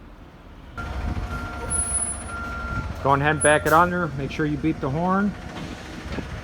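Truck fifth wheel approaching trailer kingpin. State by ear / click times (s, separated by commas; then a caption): not seated / none. A truck tractor reverses with backup beeps to bring its fifth wheel under a trailer's kingpin. A low engine rumble and a steady tone begin near 0.8 seconds while someone talks. The jaws have not yet locked onto the kingpin, and nothing has clicked.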